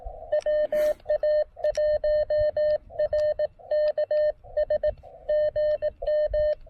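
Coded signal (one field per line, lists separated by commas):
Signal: Morse code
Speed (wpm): 18 wpm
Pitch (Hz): 590 Hz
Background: none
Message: WA1RKS GM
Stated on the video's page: QRP Xiegu G106 transceiver, CW park activation on 20 meters.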